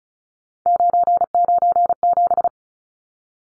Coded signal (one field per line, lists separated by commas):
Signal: Morse code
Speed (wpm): 34 wpm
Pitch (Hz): 700 Hz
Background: none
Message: 997